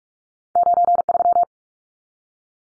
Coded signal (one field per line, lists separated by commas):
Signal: Morse code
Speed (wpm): 44 wpm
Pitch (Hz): 700 Hz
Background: none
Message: 93